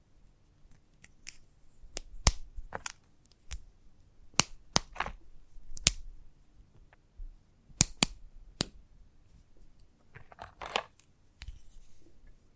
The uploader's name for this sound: Chalk Sounds Tapping, Scratching, Carving